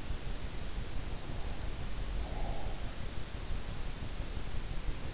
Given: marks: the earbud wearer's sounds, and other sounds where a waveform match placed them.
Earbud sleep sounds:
sounds in sleep by an in-ear microphone; breath
1.88-3.36 s: breath

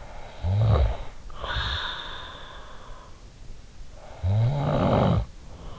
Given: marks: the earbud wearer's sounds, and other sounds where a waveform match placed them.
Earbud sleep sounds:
sounds in sleep by an in-ear microphone; snoring breath
0.19-2.60 s: snoring breath
3.97-5.79 s: snoring breath

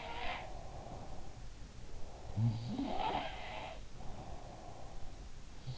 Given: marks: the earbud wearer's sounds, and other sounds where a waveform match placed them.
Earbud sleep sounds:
sounds in sleep by an in-ear microphone; breath
0.38-2.77 s: breath
2.18-4.56 s: sound from someone else or the room
3.97-5.43 s: breath

